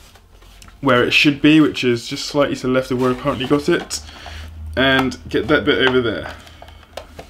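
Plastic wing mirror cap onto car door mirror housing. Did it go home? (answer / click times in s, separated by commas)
yes / 7.0 s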